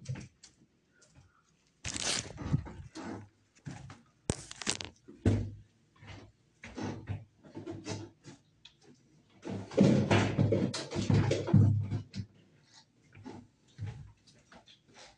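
Irregular bursts of rustling and scraping, like trash bags and wiping, with sharp hissing sprays near 2 and 4.5 seconds and busier clatter around 10-12 seconds.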